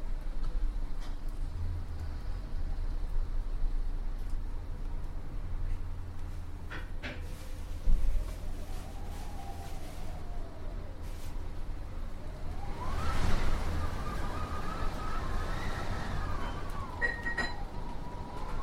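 Wind moans over a steady low rumble, its whistling tone drifting up and down from about eight seconds, then swelling louder and higher from thirteen seconds to the end. A few brief knocks and clicks break through around eight and seventeen seconds.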